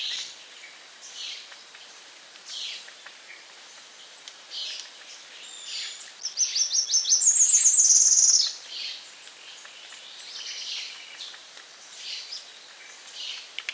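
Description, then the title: Tropical parula song: a few high notes leading into a brief, very high buzzy trill, amid scattered faint calls of other birds. "LuckyPassaro Completos2Sama. Tropical Parula (Setophaga pitiayumi)"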